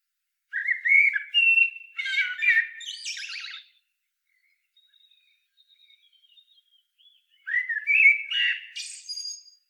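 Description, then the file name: Eurasian blackbird song: two phrases, each a low, mellow fluted warble ending in a thin, squeaky high twitter, separated by several seconds of near silence. "Turdus merula"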